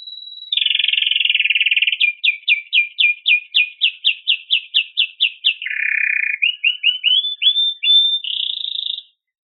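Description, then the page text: Canary song with a clean high steady tone, a buzzy block, then a fast roll of about a dozen repeated chirps, a lower buzzy block, and rising whistled notes ending in a trill. "カナリアの鳴き声 - 着信音-sound-HIRingtone"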